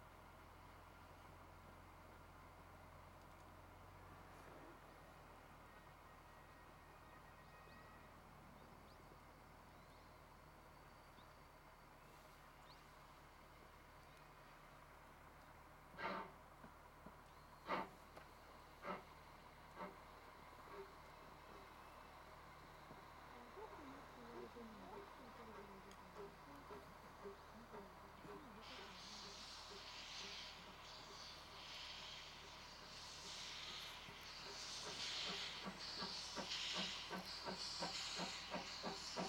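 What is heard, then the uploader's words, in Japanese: A steam locomotive approaches on a snowy line, beginning with a quiet low rumble and a few sharp metallic knocks around the middle. From about thirty seconds, bright bursts of steam hiss and rapid, regular chuffing grow louder until the end. 2004年冬、雪の只見線を走る「SL会津只見号」です。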